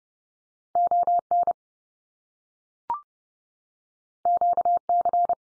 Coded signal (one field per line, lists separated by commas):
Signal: Morse code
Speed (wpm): 30 wpm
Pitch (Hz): 700 Hz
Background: none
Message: ON QC